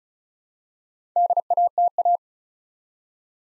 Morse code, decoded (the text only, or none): DATA